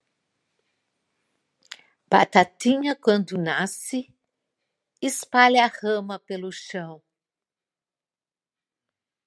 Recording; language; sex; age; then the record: short text; Brazilian Portuguese; female; 60 to 69 years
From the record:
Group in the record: control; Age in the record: 66 years